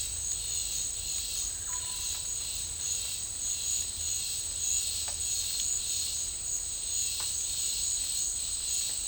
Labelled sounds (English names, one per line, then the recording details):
none
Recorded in dense forest near Puerto Asís, Putumayo, Colombia, on 21 December 2024 at 12:00
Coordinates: 0.485, -76.318
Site GP03